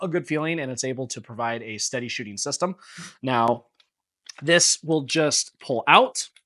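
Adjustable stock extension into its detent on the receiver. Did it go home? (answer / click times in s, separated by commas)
no / none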